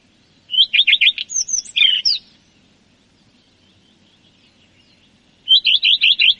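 Common redstart song, two phrases: quick repeated swooping notes trailing into squeaky twitters, then after a pause a new phrase starts.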